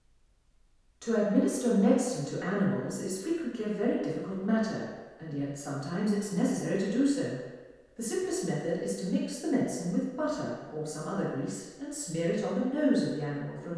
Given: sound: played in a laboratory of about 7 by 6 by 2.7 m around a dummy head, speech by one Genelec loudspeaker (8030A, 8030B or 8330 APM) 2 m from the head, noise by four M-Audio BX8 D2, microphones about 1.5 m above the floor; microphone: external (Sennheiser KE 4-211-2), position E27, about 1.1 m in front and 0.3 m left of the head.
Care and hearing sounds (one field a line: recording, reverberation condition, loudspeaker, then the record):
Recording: female speech in English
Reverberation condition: high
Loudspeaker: 90 degrees to the right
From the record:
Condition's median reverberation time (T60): about 1300 ms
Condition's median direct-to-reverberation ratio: about -4.0 dB